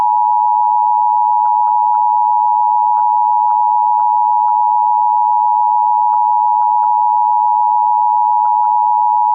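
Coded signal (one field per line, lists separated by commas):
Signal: Emergency Alert System (SAME) tones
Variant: 853 and 960 Hz attention tone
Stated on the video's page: Simulated mock severe thunderstorm alert tones, made with WarnGen and audio edited in Audacity.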